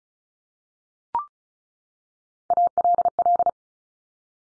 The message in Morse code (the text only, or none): ALL